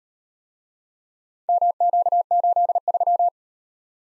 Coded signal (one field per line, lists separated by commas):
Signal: Morse code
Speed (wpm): 38 wpm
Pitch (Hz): 700 Hz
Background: none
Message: MQ83